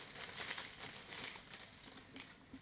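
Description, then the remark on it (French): A tiny slip of paper bearing a question is drawn and unfolded, giving a few seconds of soft, dry crinkling and rustling in uneven bursts, with no voices. “J'ai pris un tout petit papier.”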